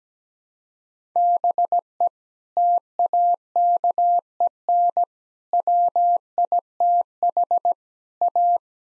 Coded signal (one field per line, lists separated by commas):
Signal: Morse code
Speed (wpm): 17 wpm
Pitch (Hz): 700 Hz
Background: none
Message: BE TAKEN WITH A